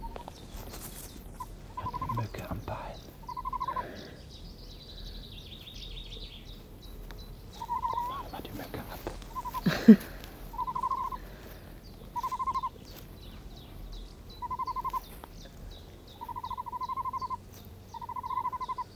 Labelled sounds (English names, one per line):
Great Bustard call